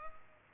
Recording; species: mosquito wingbeat signal from an infrared sensor; Culex pipiens